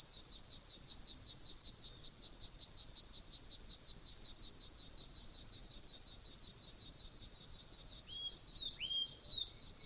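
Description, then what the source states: Cicada song, a steady high-pitched pulsing drone throughout, with a few brief whistled notes near the end. Recorded at Jomsom, Nepal.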